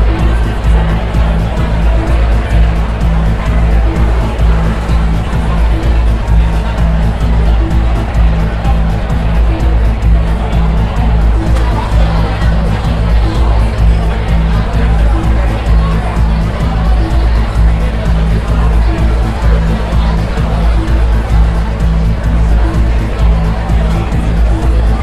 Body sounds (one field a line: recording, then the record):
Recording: background sound without coughing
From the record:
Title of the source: Party Noise 1 Hour Party Ambience